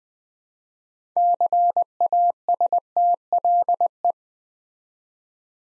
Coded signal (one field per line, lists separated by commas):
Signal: Morse code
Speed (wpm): 20 wpm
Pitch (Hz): 700 Hz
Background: none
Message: CASTLE